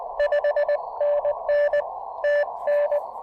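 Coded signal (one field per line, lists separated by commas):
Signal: Morse code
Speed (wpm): 18 wpm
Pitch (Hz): 590 Hz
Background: none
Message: 5NN TN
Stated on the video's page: QRP field activation using a 40 meter EFHW antenna, with an Elecraft KX2 after Icom IC-703 Plus issues, later moving to 20 meters.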